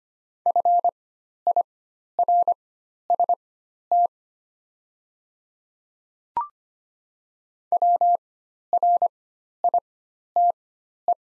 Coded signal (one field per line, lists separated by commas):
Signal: Morse code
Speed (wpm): 25 wpm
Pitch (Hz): 700 Hz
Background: none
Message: FIRST WRITE